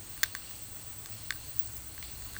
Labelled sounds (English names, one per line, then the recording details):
none
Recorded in dense forest near Puerto Asís, Putumayo, Colombia, on 19 March 2025 at 10:30
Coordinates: 0.484, -76.317
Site G064